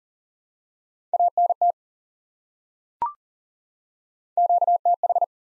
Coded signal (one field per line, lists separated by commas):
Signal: Morse code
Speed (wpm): 39 wpm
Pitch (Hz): 700 Hz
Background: none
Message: ANT QTH